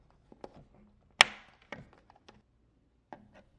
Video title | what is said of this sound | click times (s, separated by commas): Window Won't Stay Up - Block and Tackle Window Balance Spring Replacement and Repair | Then press the other side into the top opening until it clicks into place. | 1.2 s